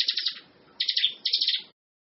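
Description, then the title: Bar-winged prinia giving three short buzzy bursts of rapid chipping notes. "Suara Burung Ciblek"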